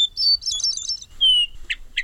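Hermit thrush song: a pure whistled note leading into a rapid, ethereal warbling flourish, then a second clear whistle sliding slightly downward, with soft chips at the end.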